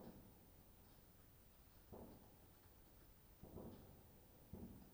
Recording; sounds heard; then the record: poultry house recording; no chicken sound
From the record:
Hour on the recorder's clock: 22